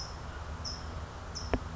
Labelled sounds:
California Towhee (Melozone crissalis)
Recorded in Sonoma County, California

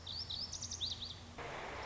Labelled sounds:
Lazuli Bunting (Passerina amoena)
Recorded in Sonoma County, California

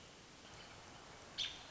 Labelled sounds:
American Robin (Turdus migratorius)
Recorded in Sonoma County, California

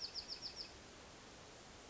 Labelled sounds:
Bewick's Wren (Thryomanes bewickii)
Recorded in Sonoma County, California

